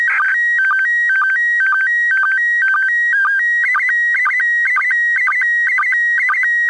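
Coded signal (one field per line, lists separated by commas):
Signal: SSTV (slow-scan television)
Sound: warbling tones jumping between two pitches, with short low blips about twice a second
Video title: ISS SSTV - Receiving Images Using a Portable Set Up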